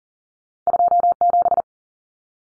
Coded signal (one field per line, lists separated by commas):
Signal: Morse code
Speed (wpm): 40 wpm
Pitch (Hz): 700 Hz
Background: none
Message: 27